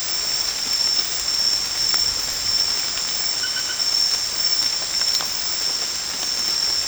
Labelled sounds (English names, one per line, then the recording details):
none
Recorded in secondary vegetation near Puerto Asís, Putumayo, Colombia, on 13 March 2025 at 22:30
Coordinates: 0.484, -76.319
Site G010